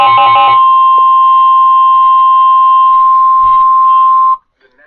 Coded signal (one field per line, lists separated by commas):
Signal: Emergency Alert System (SAME) tones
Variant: 1050 Hz attention tone